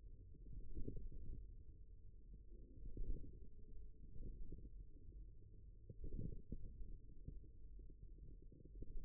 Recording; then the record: forearm muscle sounds (acoustic myography)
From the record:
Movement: wrist flexion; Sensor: system 1, eight BSWA MPA416 microphones around the upper forearm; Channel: 3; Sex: male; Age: 54 years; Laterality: right